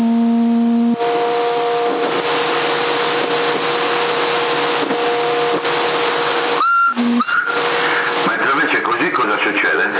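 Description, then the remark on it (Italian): A departing ship's horn in Sassari sounds a long, loud, low blast with a steady buzzing tone and harsh distortion. It cuts off briefly and returns for a short burst, with people talking and rough noise around it. “Crepato, sì, sta partendo la nave anche.”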